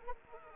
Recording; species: mosquito wingbeat signal from an infrared sensor; Anopheles arabiensis